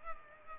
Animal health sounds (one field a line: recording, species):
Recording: mosquito wingbeat signal from an infrared sensor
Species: Culex pipiens